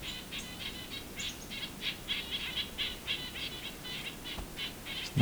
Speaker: Nuthatches are making quite a racket.